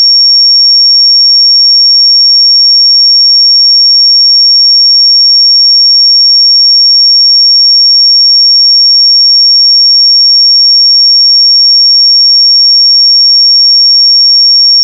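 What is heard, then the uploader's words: A pure sine tone at 5523 Hz holds perfectly steady for the full fifteen seconds, a single thin, piercing high pitch with no wavering. Loudness stays constant throughout, and nothing else sounds behind it: no noise, no other tones. 5523 Hz 1 Hz Interval Sine Pure Tone Frequency 441000 Sample Mono.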